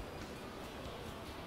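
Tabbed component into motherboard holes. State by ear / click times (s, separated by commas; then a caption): not seated / none. On an Asus motherboard assembly line in Brazil, a component with tabs is lined up over two small holes in the motherboard and held in place with a hand tool. Only steady, even broadband background noise is heard, with no sharp transients. Nothing has seated or clicked yet.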